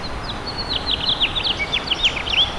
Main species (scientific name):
Haemorhous mexicanus